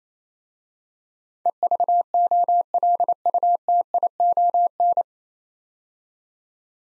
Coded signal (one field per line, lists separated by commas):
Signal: Morse code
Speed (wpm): 29 wpm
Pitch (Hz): 700 Hz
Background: none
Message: EVOLUTION